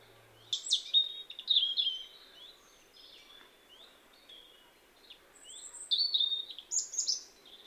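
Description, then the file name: European robin singing several separate phrases of high, thin, sliding whistles and tinkling notes, with short pauses between them. "Erithacus rubecula"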